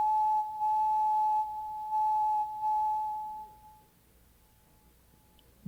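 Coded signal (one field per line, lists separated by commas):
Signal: radio time signal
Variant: WWVB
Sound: steady pure tone whose loudness steps down and up about once a second, then fades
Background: radio static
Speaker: The National Bureau of Standards and Technology operates station WWVB on 60 kilohertz.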